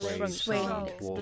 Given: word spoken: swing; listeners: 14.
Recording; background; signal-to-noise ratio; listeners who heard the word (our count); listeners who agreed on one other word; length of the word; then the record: one English word in noise, from a listening test; four-talker babble; -1.2 dB; 1 of 14; 6 of 14; 0.82 s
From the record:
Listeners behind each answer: 6, 1, 1, 1, 1, 1, 1, 1, 1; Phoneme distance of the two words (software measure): 37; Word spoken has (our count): 1 syllable, 4 phonemes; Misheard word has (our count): 1 syllable, 5 phonemes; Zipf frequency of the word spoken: 4.46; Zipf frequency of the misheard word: 3.32